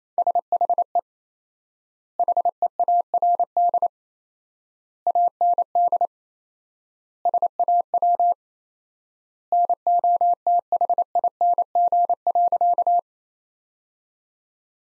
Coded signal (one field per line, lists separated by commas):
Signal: Morse code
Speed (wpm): 28 wpm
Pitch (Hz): 700 Hz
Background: none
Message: SHE HEARD AND SAW NOTHING.